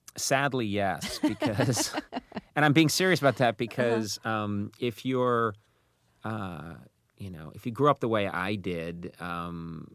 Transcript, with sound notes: Sadly, yes because...
(LAUGHTER)
And I'm being serious about that because if you're, you know, if you grew up the way I did,